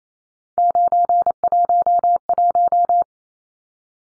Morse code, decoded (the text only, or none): 911